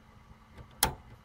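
A Cat6 RJ45 Ethernet plug with a loose latch tab is pushed into a computer's Ethernet port after a workaround. A single sharp, bright click at 0.8 s stands out against faint low background noise. The plug clicks into place and is seated.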